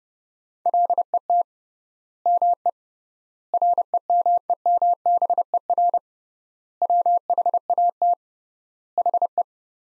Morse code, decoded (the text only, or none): LET ME REMEMBER WHAT HE